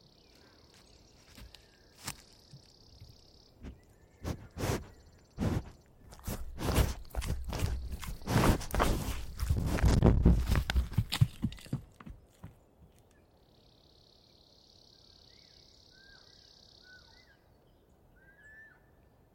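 Outside the fence of the Coffin Game Reserve in the Colockum Wildlife Area, a steady high insect buzz runs in long stretches. From about two to twelve seconds, crunching footsteps or brushing thumps grow louder and denser, then fade, leaving the insect trill and a few short bird chirps.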